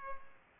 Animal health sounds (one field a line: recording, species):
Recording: mosquito wingbeat signal from an infrared sensor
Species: Culex pipiens